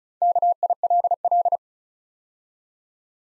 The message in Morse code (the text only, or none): KILL